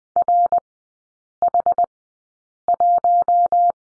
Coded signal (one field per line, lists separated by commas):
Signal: Morse code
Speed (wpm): 20 wpm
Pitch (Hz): 700 Hz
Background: none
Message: RH1